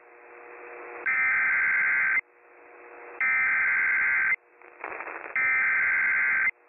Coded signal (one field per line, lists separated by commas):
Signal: Emergency Alert System (SAME) tones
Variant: header bursts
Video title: TORNADIC NIGHTMARE II: NASHVILLE'S TOR CHAOS... EAS Alerts from 12/9/23 (EAS #3,293 - 3,336)